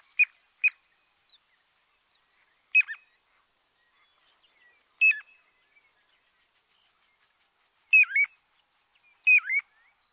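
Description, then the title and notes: Piping plover giving short, clear, whistled peeps, single or doubled, some dipping downward, spaced irregularly a few seconds apart against quiet. "Piping Plovers Laura Meyers Photograpy"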